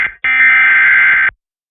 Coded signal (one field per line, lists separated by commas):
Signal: Emergency Alert System (SAME) tones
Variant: header bursts